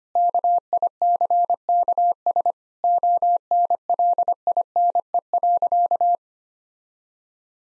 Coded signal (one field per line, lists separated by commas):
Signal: Morse code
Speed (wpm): 25 wpm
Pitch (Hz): 700 Hz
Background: none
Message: KICKS ONLINE.